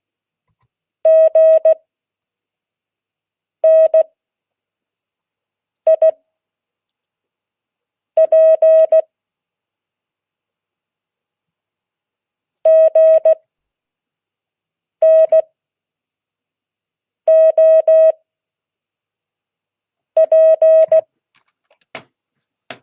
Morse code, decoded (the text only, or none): GNIP GNOP